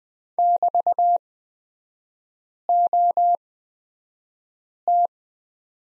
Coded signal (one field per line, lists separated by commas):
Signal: Morse code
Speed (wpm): 20 wpm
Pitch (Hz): 700 Hz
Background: none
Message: <BT>OT